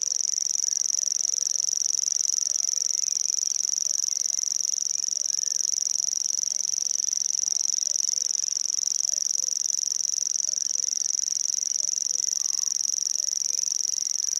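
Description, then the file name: Common grasshopper warbler reeling song, a continuous high-pitched buzzing trill that runs unbroken and level throughout. "Feldschwirl"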